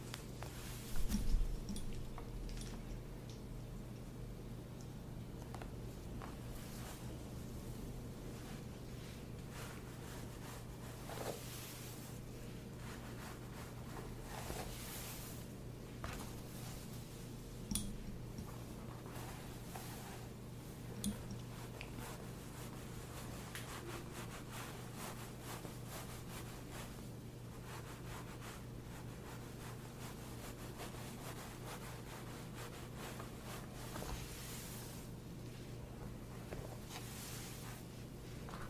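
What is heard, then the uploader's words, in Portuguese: A scalp massage with soft rubbing and scratching, quiet and fairly even throughout, broken by short crisp rustles every few seconds. A louder bump comes near the start, with smaller ones around 18, 21 and 34 seconds. A steady low hum sits underneath. ASMR de massagem completa no seu couro cabeludo.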